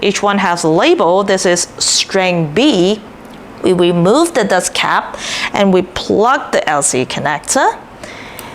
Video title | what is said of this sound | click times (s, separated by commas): How We Built a 10G Fiber Network for a Factory's Private AI System | And you hear a light snap when it engages. | 8.4 s